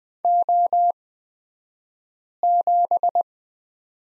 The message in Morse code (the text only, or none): O7